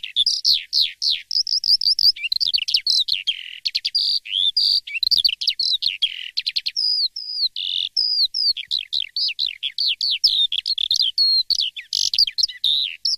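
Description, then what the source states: Lark song: long, varied stream of twittering whistles, buzzy trills and quick sharp notes, with short gaps between phrases and no other sounds. Masteran recording, used to train songbirds to copy song.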